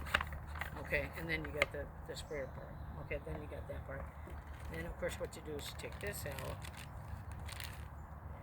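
The locking handle on a plastic garden hose sprayer is unlocked, releasing it with a sharp click at 0.2 s. Someone talks throughout over a low, steady background hum, with a few small clicks and rattles of handling.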